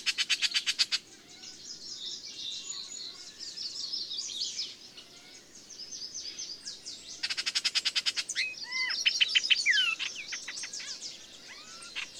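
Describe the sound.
Chorus of birds: a burst of rapid high ticking notes, thin continuous twittering, then another rapid trill and bright looping whistles.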